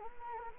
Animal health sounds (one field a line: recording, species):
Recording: mosquito wingbeat signal from an infrared sensor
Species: Anopheles gambiae